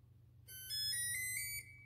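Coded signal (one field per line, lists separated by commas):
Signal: beep code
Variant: brushless RC plane ESC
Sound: a quick rising jingle of five joined beeps, each higher, over a low electrical hum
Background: low electrical hum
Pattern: 5 rising tones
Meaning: The ESC has entered programming mode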